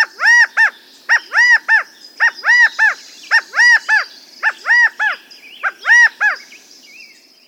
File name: California Quail